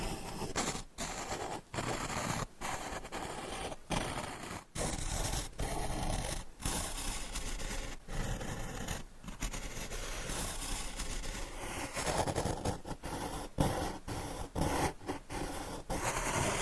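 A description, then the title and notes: Dense scratching fills the recording: rough, full-range rasping strokes carried right up into the highs, broken by brief gaps of near silence every second or so. The rhythm is uneven, with short bursts clustering more tightly after about twelve seconds. ASMR Scratching , Tapping & Massage with DIFFERENT Mics , Items & Nails No Talking.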